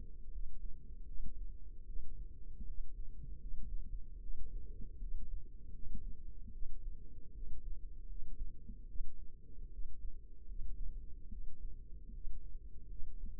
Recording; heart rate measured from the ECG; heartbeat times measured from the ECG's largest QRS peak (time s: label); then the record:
heart sounds by microphone in the left ear; 76 bpm
0.30 s: heartbeat
1.04 s: heartbeat
1.85 s: heartbeat
2.64 s: heartbeat
3.38 s: heartbeat
4.19 s: heartbeat
4.98 s: heartbeat
5.71 s: heartbeat
6.51 s: heartbeat
7.32 s: heartbeat
8.06 s: heartbeat
8.86 s: heartbeat
9.69 s: heartbeat
10.45 s: heartbeat
11.28 s: heartbeat
12.11 s: heartbeat
12.87 s: heartbeat
From the record:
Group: healthy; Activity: rest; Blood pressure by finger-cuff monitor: 84/52 mmHg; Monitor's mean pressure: 64 mmHg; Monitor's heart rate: 76 bpm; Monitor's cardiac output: 6.4 L/min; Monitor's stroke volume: 83 mL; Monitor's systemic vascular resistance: 710 dyn s/cm5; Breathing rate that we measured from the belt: 24 breaths a minute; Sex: female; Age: 22 years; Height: 163 cm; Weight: 67.1 kg